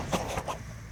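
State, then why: Not seated. A MAP sensor with a rubber ring is handled at its mounting port in the intake manifold of a 2004–2011 Mazda 3. Short, muffled bursts of low-mid noise are heard around 0.1, 0.4 and 0.5 seconds, then faint background hum. The sensor has not seated or clicked into its hole yet.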